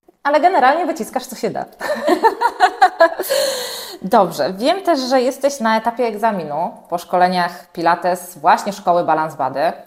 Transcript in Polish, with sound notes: Ale generalnie wyciskasz co się da. [śmiech] Dobrze, wiem też, że jesteś na etapie egzaminu po szkoleniach pilates, właśnie szkoły Balanced Body.